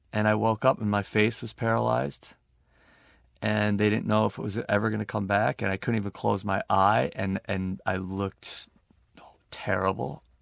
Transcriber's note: none